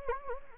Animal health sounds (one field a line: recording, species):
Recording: mosquito wingbeat signal from an infrared sensor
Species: Anopheles gambiae